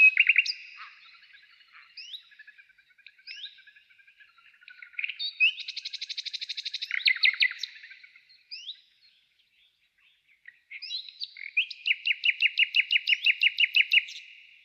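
Common nightingale singing varied chirps and a buzzy rattle, then after a short pause a long, steady trill of evenly repeated loud notes.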